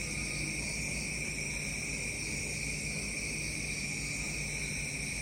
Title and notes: Villa jungle paradise - Unawatuna, Sri Lanka, insect drones and dawn chorus. by Stéphane Marin/Espaces Sonores. Music for Sleep